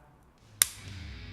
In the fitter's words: ก็หมุนตัวอาร์มนะครับให้ลงล็อคนะครับถ้าลงล็อคมันจะมีเสียงดังคลิกแบบนี้นะครับนี่